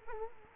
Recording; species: mosquito wingbeat signal from an infrared sensor; Culex quinquefasciatus